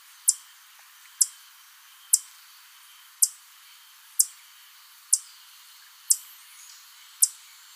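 Black jacobin giving piercing high clicks at a fairly even pace of roughly one per second, eight notes in all, over a faint hissing background.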